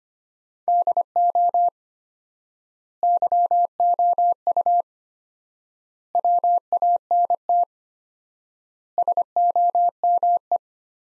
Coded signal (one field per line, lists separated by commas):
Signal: Morse code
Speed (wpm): 25 wpm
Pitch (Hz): 700 Hz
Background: none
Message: DO YOU WANT SOME